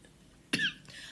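A single sharp, explosive cough from an adult woman, quick and forceful, brought on by a piece of candy going down into her throat and catching there.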